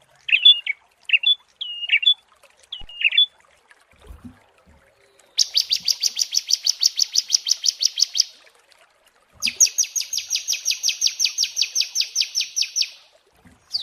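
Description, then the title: Prinia giving a few sharp clipped notes, then two long, rapid, buzzy rattling trills lasting several seconds each. Prinia song used as masteran training and therapy for birds. "Masteran Terapi Prenjak"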